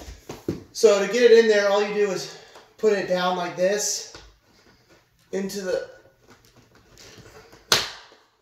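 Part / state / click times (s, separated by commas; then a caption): window blind headrail into wall mounting bracket / seated / 7.7 s. Someone talks while the headrail of a Levolor Trim+Go cordless window blind is set down into its wall mounting bracket and pushed in. There are a few faint taps, then one sharp, loud snap at 7.7 s as the headrail seats in the bracket.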